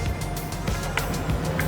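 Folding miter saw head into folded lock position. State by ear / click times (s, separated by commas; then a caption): not seated / none. A Craftsman 10-inch folding compound miter saw is being folded: the bevel knob is loosened, the pin pulled, and the head lowered toward its folded lock position. Short handling knocks at about 0.7, 1.0 and 1.6 seconds sound over a steady low background hum. Nothing has seated or clicked yet.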